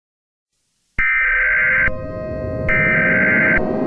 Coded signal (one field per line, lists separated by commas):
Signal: Emergency Alert System (SAME) tones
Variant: header bursts